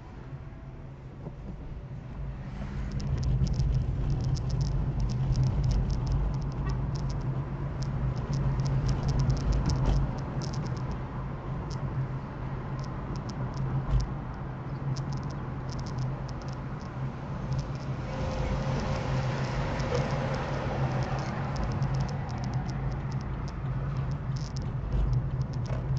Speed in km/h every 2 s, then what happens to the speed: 26, 29, 36, 40, 47, 52, 50, 46, 44, 34, 30, 31, 31.
0-9 speeds up to 52. 9-19 slows to 30. 19-26 steady at about 31.